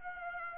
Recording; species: mosquito wingbeat signal from an infrared sensor; Aedes aegypti